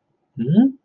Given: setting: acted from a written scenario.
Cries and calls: vocal sound without words; interest

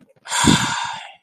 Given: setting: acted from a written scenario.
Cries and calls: vocal sound without words; contempt

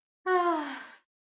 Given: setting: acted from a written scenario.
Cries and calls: vocal sound without words; serenity

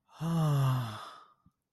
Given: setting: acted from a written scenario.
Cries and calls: vocal sound without words; romantic love

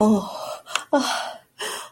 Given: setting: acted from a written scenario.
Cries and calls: vocal sound without words; ecstasy

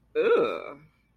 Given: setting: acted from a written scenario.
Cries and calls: vocal sound without words; disgust

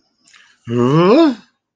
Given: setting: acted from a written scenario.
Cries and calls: vocal sound without words; negative surprise

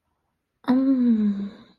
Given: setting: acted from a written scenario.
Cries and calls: vocal sound without words; desire

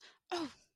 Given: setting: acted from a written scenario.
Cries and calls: vocal sound without words; embarrassment

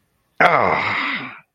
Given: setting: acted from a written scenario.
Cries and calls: vocal sound without words; disappointment

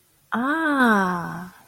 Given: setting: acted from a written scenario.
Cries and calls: vocal sound without words; realization

